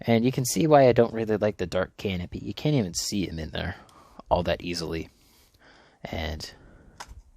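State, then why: Released. Someone talks, then the plastic canopy of an action-figure vehicle's cockpit is pulled up and off its mount with a sharp plastic click at 7.0 s, releasing it.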